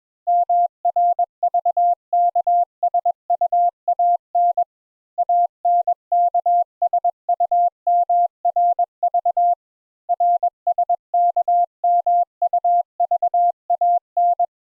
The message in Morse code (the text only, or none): MRVKSUAN ANKSUMRV RSKMUVAN